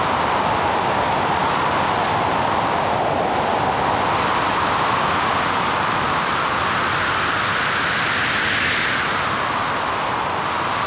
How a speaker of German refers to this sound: Das war mitnichten der Wüstenwind über der Sierra Nevada. Das waren die Winde, wie sie in der Antarktis pfeifen. Mit anderen Worten, sie hören Eisiges aus den Tiefen der Welt.